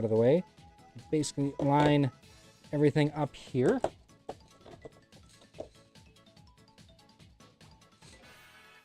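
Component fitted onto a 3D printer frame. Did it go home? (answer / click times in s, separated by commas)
no / none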